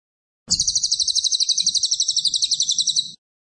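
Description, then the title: Cililin song: one sustained, very high and rapid chattering trill of about two and a half seconds, with steady quick pulses. Chattering cililin in tight, rapid bursts; suitable as a tutor recording (masteran) for murai (shamas). "Cililin AMPUH. Cililin gacor tembakan rapet cocok untuk masteran murai"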